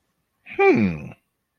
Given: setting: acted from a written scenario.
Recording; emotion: vocal sound without words; interest